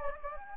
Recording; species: mosquito wingbeat signal from an infrared sensor; Anopheles gambiae